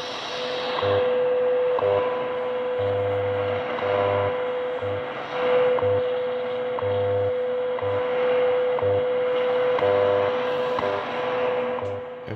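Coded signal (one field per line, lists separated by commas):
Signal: radio time signal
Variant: WWV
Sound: steady mid tone broken by a short tick every second, with low buzzing pulses underneath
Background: radio static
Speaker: a good signal tonight from WWV and Boulder Colorado on ten megahertz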